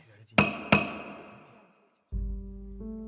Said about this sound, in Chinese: 小锤子敲在玉磬上的声音清脆动听，周围原本嘈杂突然安静下来